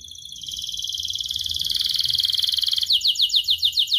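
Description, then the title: Atlantic canary song: a fast high trill swells steadily in loudness, then breaks into a chain of quick looping notes. Energetic, fully vocal canary song ('gacor') from Indonesian songbird keeping, praised for its finest melodic turns ('cengkok') and most lavish fill-in phrases ('isian'). "Kenari Gacor Cengkok Terbaik Isian Paling Mewah"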